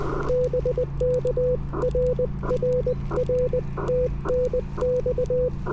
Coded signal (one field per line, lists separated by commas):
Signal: Morse code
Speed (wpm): 20 wpm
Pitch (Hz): 500 Hz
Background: none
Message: BK RRR TNX